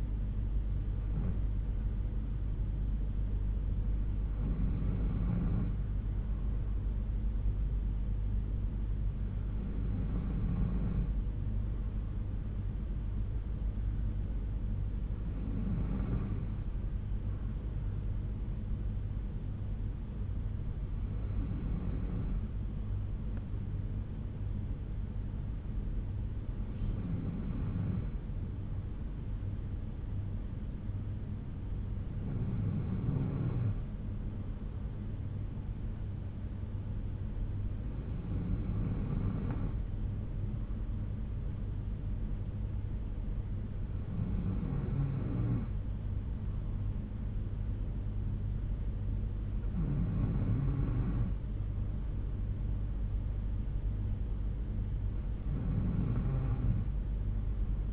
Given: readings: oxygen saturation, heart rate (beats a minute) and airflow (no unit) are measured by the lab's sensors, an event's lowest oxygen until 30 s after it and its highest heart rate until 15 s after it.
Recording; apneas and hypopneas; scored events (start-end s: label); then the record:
breathing in sleep by a smartphone at the bedside; none
15.00-45.00 s: new sleep stage, N2 (light sleep)
45.00-57.92 s: new sleep stage, N3 (deep sleep)
From the record:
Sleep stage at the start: N3 (deep sleep); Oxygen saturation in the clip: 92 to 93%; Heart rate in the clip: 61 to 66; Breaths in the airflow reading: 11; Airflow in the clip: -4.1 to 3.2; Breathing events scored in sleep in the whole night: 368 in 8.0 hours asleep